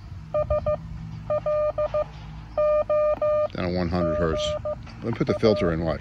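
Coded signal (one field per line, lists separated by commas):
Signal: Morse code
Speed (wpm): 15 wpm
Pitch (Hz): 600 Hz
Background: speech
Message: SLOGA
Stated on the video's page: CW on ten meters from a uBITX with a dipole antenna.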